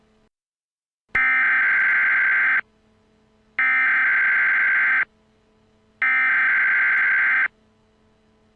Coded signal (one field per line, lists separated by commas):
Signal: Emergency Alert System (SAME) tones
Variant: header bursts